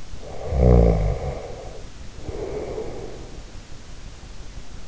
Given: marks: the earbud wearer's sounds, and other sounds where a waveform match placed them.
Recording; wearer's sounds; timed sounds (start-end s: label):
sounds in sleep by an in-ear microphone; snoring breath
0.00-3.78 s: snoring breath